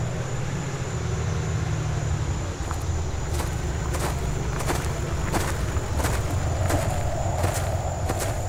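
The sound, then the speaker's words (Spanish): Trucks carrying blindfolded, bound detainees from San Bernardo drive toward Cerro Chena with a steady, heavy low engine rumble, joined after a few seconds by regular rattling clunks about once a second. The level stays constant, and no one speaks. “Fueron vendados, maniatados, luego sacados en camiones hacia el Cerro Chena.”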